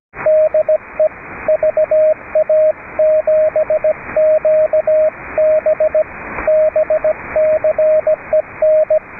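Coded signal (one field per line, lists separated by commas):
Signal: Morse code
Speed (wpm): 17 wpm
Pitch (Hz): 620 Hz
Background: radio noise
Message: DE VA7QB BCEN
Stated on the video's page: Heard on a weekly public service net on 3.729 MHz, with net control operating fully remote from aboard a boat.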